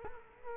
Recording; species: mosquito wingbeat signal from an infrared sensor; Culex quinquefasciatus